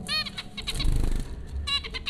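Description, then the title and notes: Zebra finch nasal calls, short stacked beeps near the start and again near the end, over a low rumbling background. Zebra finches recorded by Dan Bodah at Popcorn School, Flatbush, Brooklyn, New York, April 15, 2009. "Dronecast No. 030: The Popcorn Finches Four from Apr 15, 2009. Zebra finches recorded by Dan Bodah at Popcorn School, Flatbush, Brooklyn NY in April 2009"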